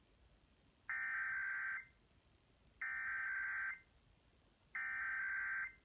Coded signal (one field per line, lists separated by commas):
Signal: Emergency Alert System (SAME) tones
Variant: header bursts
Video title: July 2017 EAS Compilation